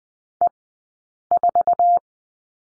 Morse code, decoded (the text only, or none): E4